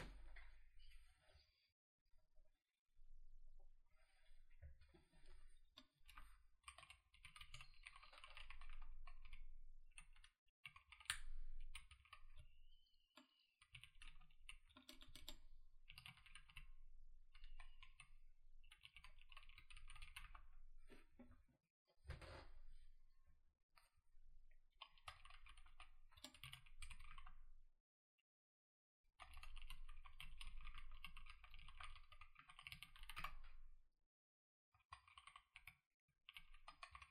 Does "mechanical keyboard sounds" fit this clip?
yes